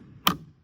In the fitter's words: And I want to point out this handle is really nice, so it kind of clicks into place